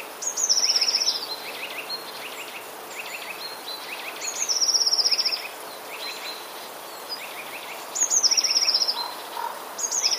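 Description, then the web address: Eurasian blue tit song: thin high notes running into a bright silvery trill, repeated about every four seconds, with soft chirps between phrases. "wroblowe teka spiew 3. modraszkoteka"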